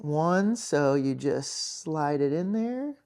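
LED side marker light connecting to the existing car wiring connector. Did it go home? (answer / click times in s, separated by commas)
no / none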